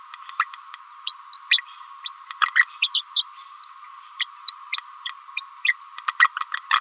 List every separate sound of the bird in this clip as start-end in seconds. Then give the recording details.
0.39-0.45, 1.06-1.16, 1.33-1.39, 1.50-1.61, 2.05-2.09, 2.41-2.51, 2.55-2.65, 2.81-2.89, 2.94-3.02, 3.15-3.24, 4.19-4.28, 4.46-4.54, 4.72-4.77, 5.05-5.12, 5.36-5.41, 5.64-5.75, 6.07-6.12, 6.19-6.29, 6.70-6.80. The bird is a female. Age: 28 days. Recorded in a nest box in Venezuela. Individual 17B31A3